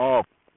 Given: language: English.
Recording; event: throat vibration sensor signal played as sound; speech